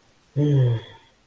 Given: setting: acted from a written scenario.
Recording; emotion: vocal sound without words; romantic love